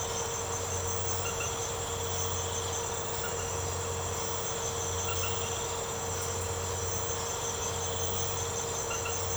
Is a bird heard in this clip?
no